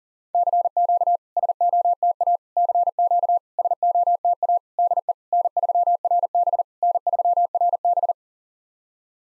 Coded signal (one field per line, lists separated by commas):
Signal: Morse code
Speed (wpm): 43 wpm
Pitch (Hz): 700 Hz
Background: none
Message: CQ SOTA CQ SOTA DE N3RB N3RB